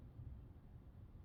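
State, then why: Not seated. The short and long plastic leg pieces of a plastic chest of drawers are handled and pushed together. Only a steady low rumbling noise is heard, with no distinct impact. Nothing has seated or clicked yet.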